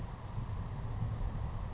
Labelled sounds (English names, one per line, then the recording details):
Savannah Sparrow
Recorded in Sonoma County, California